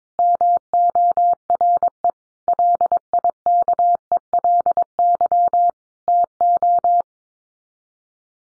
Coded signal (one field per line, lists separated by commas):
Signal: Morse code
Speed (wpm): 22 wpm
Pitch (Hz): 700 Hz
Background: none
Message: MORE LIKELY TO